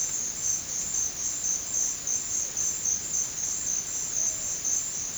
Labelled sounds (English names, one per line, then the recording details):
none
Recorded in secondary vegetation near Puerto Asís, Putumayo, Colombia, on 9 March 2025 at 14:00
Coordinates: 0.484, -76.319
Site G010